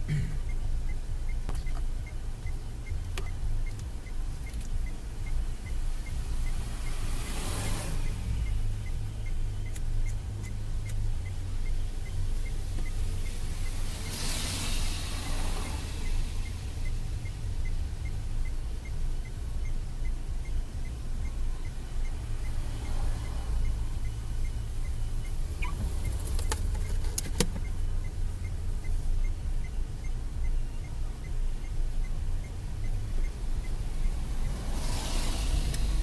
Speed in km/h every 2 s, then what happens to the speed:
0, 0, 0, 0, 0, 0, 0, 0, 0, 0, 0, 0, 0, 0, 0, 0, 0, 0.
0-36 standing.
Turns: none.